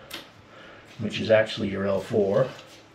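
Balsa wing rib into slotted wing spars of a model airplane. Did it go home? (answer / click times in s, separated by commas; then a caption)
no / none. A laser-cut balsa wing rib, part L4, is handled over the slotted spars of an RQ-7 Shadow balsa scale model drone wing while someone talks, with a faint tick near 0.1 s. Nothing has seated or clicked yet; the rib is not yet home in the spar slots.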